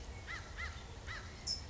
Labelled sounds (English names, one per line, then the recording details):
American Crow
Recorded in Sonoma County, California